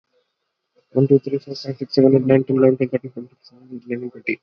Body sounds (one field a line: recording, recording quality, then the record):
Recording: counting at a fast pace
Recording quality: excellent, no background noise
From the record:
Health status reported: COVID-19 positive, mild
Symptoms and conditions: none ticked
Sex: male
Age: 30 years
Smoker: not ticked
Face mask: not worn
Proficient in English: yes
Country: India